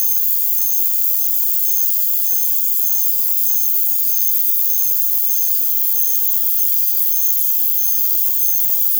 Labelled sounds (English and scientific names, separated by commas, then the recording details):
none
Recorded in secondary vegetation near Puerto Asís, Putumayo, Colombia, on 12 March 2025 at 04:00
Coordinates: 0.489, -76.322
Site G042